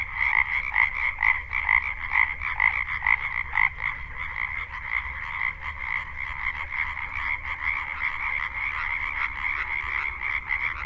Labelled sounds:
Common Tree Frog call

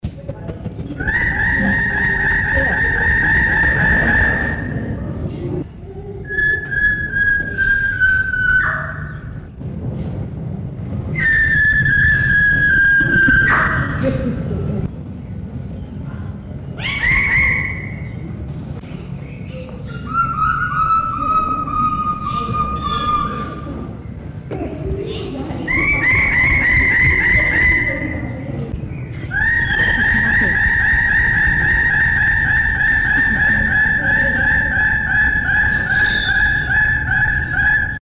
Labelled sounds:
Lesser Bird-of-paradise call

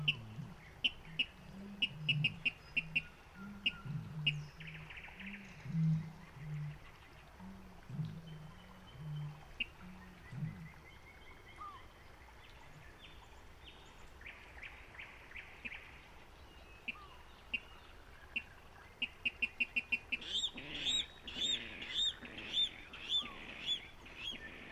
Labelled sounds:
Water Rail

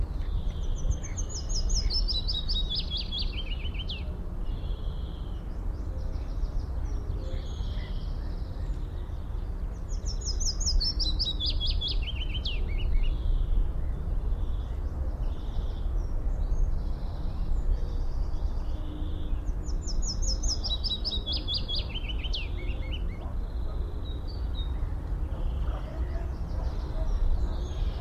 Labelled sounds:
Willow Warbler

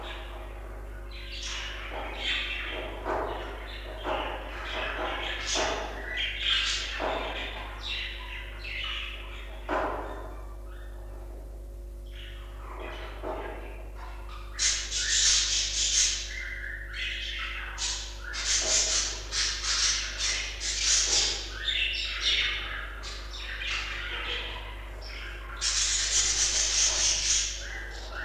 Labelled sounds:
Budgerigar call

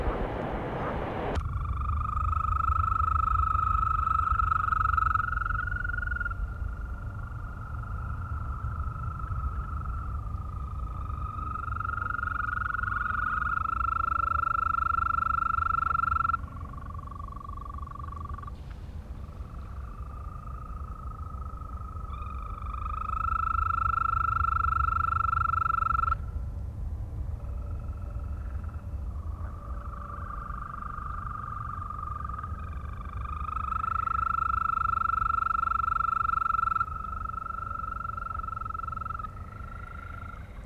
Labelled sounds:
Green Toad call

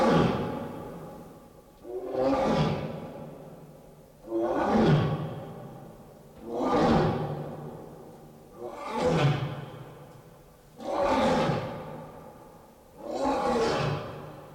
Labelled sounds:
Lion

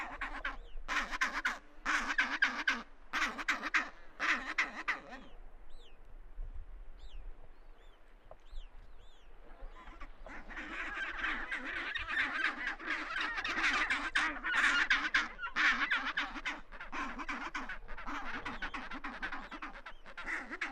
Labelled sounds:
Chinstrap Penguin call

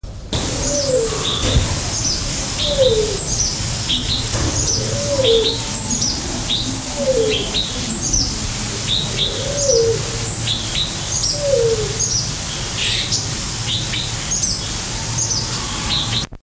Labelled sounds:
Coroneted Fruit Dove call

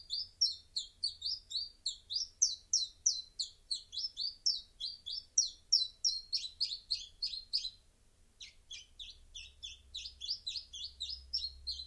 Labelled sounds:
Common Chiffchaff song

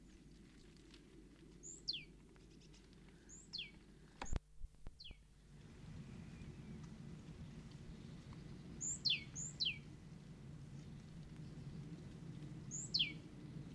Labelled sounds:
Great Tit call

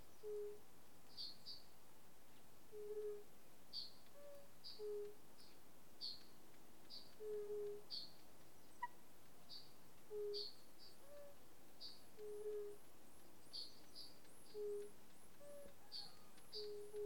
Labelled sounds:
Fire-Bellied Toad call

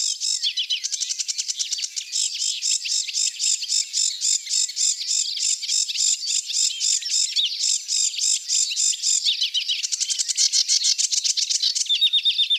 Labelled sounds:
Sedge Warbler song

